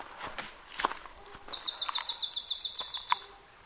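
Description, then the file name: Marsh tit delivering one steady, fast trill of sharp high notes, with clicks and soft footstep sounds around it. "Poecile palustris"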